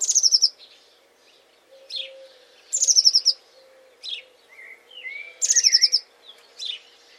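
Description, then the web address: Bird calling with high buzzy, rattling phrases about every two and a half seconds, between short sharp notes and a few lower whistled slurs. "cianscape birddata Deverinetal 2025 File origin Bird Only Cy Ca"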